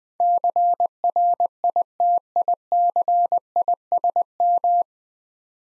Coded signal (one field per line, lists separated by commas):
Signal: Morse code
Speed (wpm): 20 wpm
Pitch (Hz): 700 Hz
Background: none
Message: CRITICISM